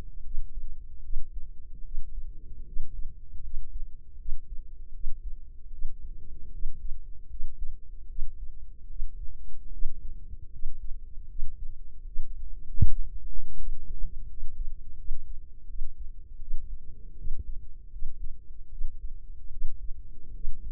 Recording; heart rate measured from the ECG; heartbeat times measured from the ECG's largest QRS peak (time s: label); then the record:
heart sounds by microphone in the left ear; 78 bpm
0.21 s: heartbeat
1.00 s: heartbeat
1.81 s: heartbeat
2.63 s: heartbeat
3.39 s: heartbeat
4.15 s: heartbeat
4.90 s: heartbeat
5.68 s: heartbeat
6.49 s: heartbeat
7.26 s: heartbeat
8.05 s: heartbeat
8.86 s: heartbeat
9.68 s: heartbeat
10.48 s: heartbeat
11.25 s: heartbeat
12.02 s: heartbeat
12.78 s: heartbeat
13.54 s: heartbeat
14.25 s: heartbeat
14.94 s: heartbeat
15.65 s: heartbeat
16.37 s: heartbeat
17.14 s: heartbeat
17.88 s: heartbeat
18.68 s: heartbeat
19.48 s: heartbeat
20.30 s: heartbeat
From the record:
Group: healthy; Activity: rest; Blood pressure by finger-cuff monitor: 113/75 mmHg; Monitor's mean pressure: 85 mmHg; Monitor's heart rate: 77 bpm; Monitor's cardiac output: 5.7 L/min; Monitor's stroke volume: 74 mL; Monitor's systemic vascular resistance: 1060 dyn s/cm5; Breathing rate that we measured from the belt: 17 breaths a minute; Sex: female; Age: 23 years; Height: 160 cm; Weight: 50.4 kg